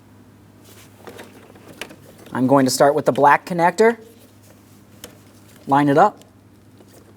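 A black electrical connector on the mirror wiring of a 2003-2007 Cadillac CTS is lined up with the mirror harness plug inside the door, with faint handling taps around 1.1, 1.8 and 5.0 seconds while someone talks. Nothing has seated or clicked yet.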